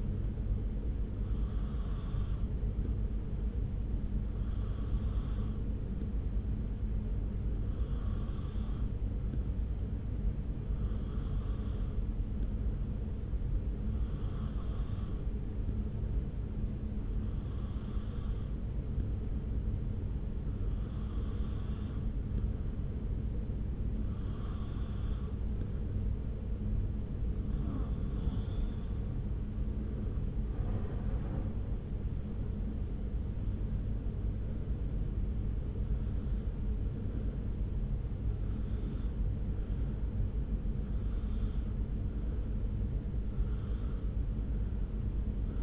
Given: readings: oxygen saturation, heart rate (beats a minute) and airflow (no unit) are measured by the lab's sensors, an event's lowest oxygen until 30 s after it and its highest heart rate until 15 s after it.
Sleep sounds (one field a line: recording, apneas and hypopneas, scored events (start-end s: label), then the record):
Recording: breathing in sleep by a smartphone at the bedside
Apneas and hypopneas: 1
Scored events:
14.00-31.40 s: hypopnea (N2, oxygen 93% highest, then 92% lowest)
35.00-45.63 s: new sleep stage, N1 (lightest sleep)
From the record:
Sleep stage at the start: N2 (light sleep)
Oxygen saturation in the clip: 92 to 93%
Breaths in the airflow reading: 14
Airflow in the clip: -1.1 to 1.7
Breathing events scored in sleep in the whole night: 335 in 6.7 hours asleep